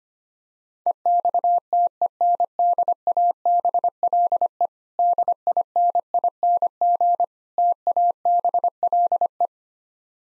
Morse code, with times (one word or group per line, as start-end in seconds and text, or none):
0.9-4.7 EXTENDABLE
5.0-7.2 DINING
7.6-9.5 TABLE